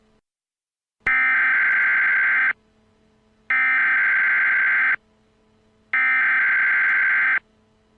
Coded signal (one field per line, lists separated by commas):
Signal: Emergency Alert System (SAME) tones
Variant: header bursts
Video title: EAS Scenario: Zombie Hell